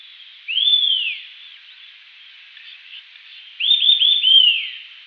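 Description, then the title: Eastern sirystes gives one arched whistled note, followed by a rapid burst of several short clipped notes ending in a longer falling note. "LuckyPassaro Completos2Sama. Eastern Sirystes (Sirystes sibilator)"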